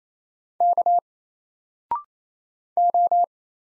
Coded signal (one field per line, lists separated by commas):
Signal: Morse code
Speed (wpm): 27 wpm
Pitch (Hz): 700 Hz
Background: none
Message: K O